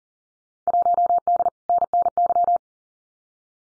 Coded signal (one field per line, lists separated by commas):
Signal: Morse code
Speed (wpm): 40 wpm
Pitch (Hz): 700 Hz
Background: none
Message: 1D NNY